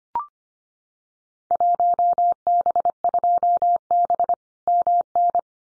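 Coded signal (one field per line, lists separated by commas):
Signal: Morse code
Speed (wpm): 25 wpm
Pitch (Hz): 700 Hz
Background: none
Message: 1B2B MN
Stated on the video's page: Morse drill of randomly selected Field Day contest exchanges at 25 wpm for head-copy practice, each sent twice.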